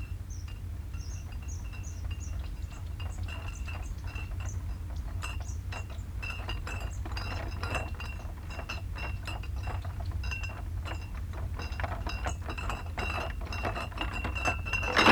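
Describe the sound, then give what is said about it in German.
Glass beer bottles clink and rattle in a beer crate as two old men carry it across the square in front of a railway station, with rapid, irregular knocks over a steady low rumble and no voices. “Sie schleppen einen Kasten Bier über den Platz vorm Bahnhof, wuchten ihn über den efeubewachsenen Zaun und steigen hinterher.”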